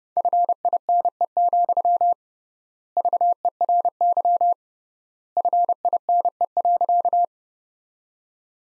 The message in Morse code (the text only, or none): FINE, VERY FINE.